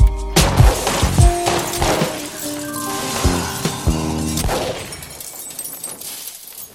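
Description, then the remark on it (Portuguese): Several loud, sharp gunshots crack in irregular succession, each followed by ringing, metallic tones and clattering debris, with the noise gradually thinning into a fading rattle. “Puxo o gatilho, cumpro a minha promessa e recebo vários tiros.”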